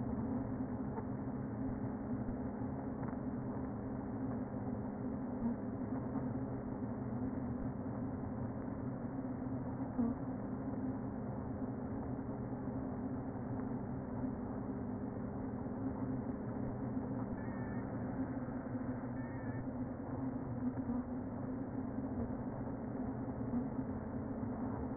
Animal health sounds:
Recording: honeybee colony, microphone inside the hive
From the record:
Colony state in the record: queen present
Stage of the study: before two queens were removed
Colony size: about 60,000 bees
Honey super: yes

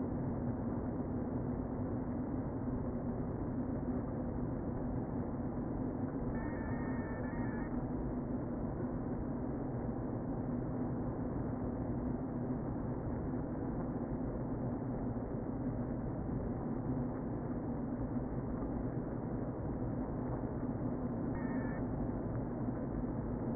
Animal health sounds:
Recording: honeybee colony, microphone inside the hive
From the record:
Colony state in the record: queen present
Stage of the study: before two queens were removed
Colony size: about 60,000 bees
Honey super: yes

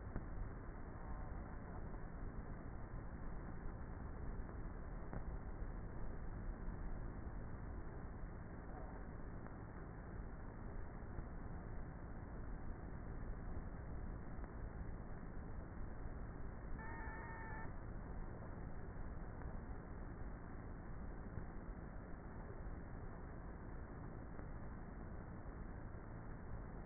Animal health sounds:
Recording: honeybee colony, microphone inside the hive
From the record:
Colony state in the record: queenless with a low population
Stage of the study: before two queens were removed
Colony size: about 30,000 bees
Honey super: no

